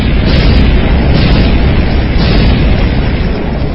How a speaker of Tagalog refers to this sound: Sunod-sunod na pagsabog ang gumulantang sa dalampasigan ng Santa Quiteria.